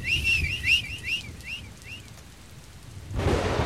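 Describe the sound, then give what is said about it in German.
A shrill watchman's whistle sounds from afar at night in a quick series of short, swooping blasts that gradually fade, over a steady rumble of rain and low thunder, ending in a rushing surge. “Aus Fernen hallt der Wächter schriller Pfiff.”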